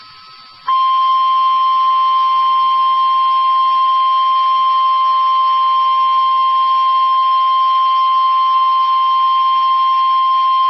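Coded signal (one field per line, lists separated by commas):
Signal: Emergency Alert System (SAME) tones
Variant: 1050 Hz attention tone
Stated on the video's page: Real severe thunderstorm warning captured from a station that cut out in the middle of the alert.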